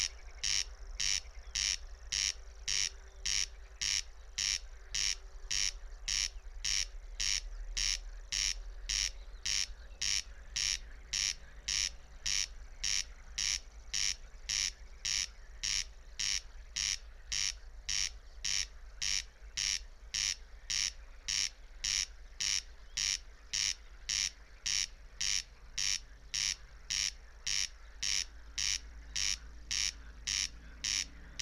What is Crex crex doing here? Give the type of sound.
song